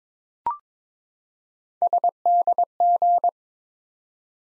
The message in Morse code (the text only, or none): SDG